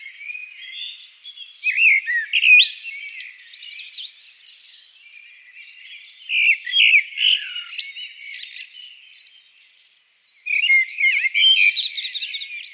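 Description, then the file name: Eurasian blackbird delivering three separate song phrases, mellow warbles breaking into thin high squeaks, with short quiet gaps between them. "Turdus merula"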